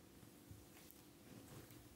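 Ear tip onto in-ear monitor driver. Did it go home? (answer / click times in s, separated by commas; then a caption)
yes / 0.9 s. A small plastic ear tip with holes in the back is pushed onto the driver of a Bubblebee Sidekick IFB in-ear monitor over a steady low background hiss. A faint little click is heard at 0.9 s as the tip clips onto the driver, and it is then seated securely and not coming off.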